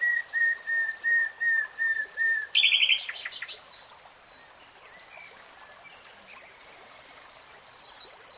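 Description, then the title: Nightingale song: slow, pure whistled notes repeated about three times a second, then a brief fast rattle, followed by near silence. Real-time recording, not slowed. "[Tiếng chim hót] 3 Hours REALTIME Nightingale Singing"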